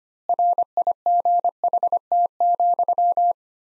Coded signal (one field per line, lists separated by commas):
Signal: Morse code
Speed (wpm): 25 wpm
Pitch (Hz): 700 Hz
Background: none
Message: RIGHT,